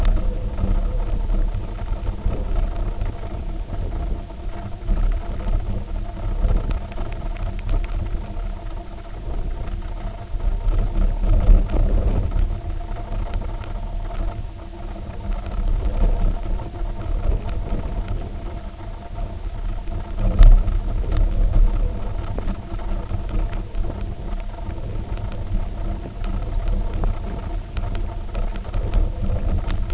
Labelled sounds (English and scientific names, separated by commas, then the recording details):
none
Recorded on Arctic tundra, site UTQI-0, on 19 June 2018
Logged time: 02:00